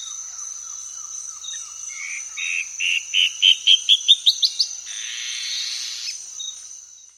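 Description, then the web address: Dusky-throated antshrike call: a series of short notes that rise steadily in pitch and quicken, followed by a burst of harsh buzzy noise. South America. "Natures Songs S America Dusky-Throated Antshrike"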